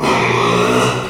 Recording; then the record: squeal of a Yucatan mini pig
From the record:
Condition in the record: after surgery on the right vocal fold (resection and tissue-engineered implant); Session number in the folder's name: 1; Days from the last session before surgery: 6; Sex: male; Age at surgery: 12 weeks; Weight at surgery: 13 kg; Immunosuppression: cyclosporine, prednisolone